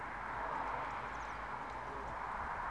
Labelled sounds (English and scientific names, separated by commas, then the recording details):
Eurasian Blue Tit (Cyanistes caeruleus)
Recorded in Germany
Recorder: ecoPi